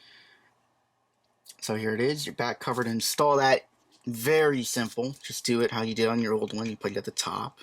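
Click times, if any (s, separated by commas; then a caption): none. A new glass back cover is being handled for fitting onto an iPhone 4 CDMA smartphone frame, ready to be set in at the top. Someone talks throughout, with a few faint handling sounds at the start. Nothing has seated or clicked yet.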